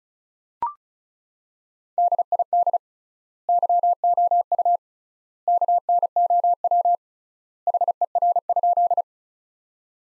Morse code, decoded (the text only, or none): DID YOU KNOW HER?